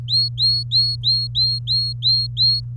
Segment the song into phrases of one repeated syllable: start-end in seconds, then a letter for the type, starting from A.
0.08-2.60 A